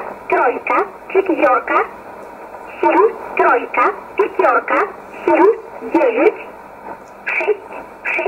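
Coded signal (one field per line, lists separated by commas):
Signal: numbers station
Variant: S11a Cherta, Russian voice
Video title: 25 06 2020 S11a Cherta Numbers station in Russian 0709 on 9339 unknown tx site in USB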